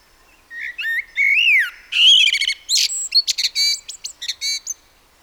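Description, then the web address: Common blackbird song: low fluted warbling notes that swoop and fall, then a rapid run of thin, squeaky high twitters ending the phrase. "SETE Turdus merula"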